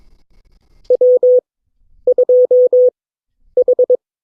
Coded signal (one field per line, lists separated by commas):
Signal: Morse code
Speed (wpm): 22 wpm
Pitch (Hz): 500 Hz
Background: none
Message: W2H